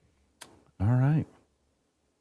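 A small 1 N·m SMA torque wrench on a coax connector clicks at its torque setting, with a sharp click at 0.4 s and a fainter one at 0.7 s as its click mechanism breaks over and gives way about 90° after reaching torque. Someone then talks briefly.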